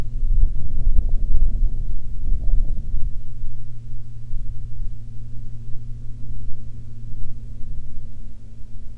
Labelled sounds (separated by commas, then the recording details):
wind, aircraft
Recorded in the Prudhoe Bay oil fields, Alaska, on 10 July 2019 at 12:31
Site 11